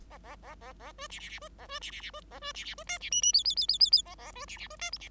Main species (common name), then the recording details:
Bengalese Finch. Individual Bird5